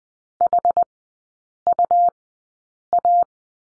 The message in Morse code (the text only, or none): HUA